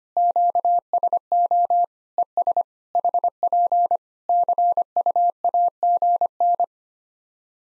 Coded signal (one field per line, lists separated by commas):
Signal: Morse code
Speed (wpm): 25 wpm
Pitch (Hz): 700 Hz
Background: none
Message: QSO ES HP CUAGN